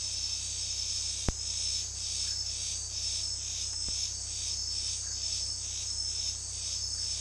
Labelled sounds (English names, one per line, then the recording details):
none
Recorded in dense forest near Puerto Asís, Putumayo, Colombia, on 18 February 2024 at 17:30
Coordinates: 0.485, -76.322
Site G6406